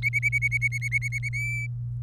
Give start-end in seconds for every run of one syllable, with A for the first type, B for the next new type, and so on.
0.02-1.29 A, 1.33-1.67 B, 2.02-2.03 C